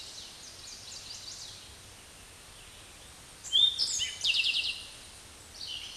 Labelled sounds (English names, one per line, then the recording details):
Eastern Towhee song
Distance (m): 10 m
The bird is about 5 m above the microphone
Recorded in a Pennsylvania forest on 16 May 2024 at 06:36
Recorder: AudioMoth, point MSD-2058
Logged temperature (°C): 11.8 °C
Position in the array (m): 90 m, 15 m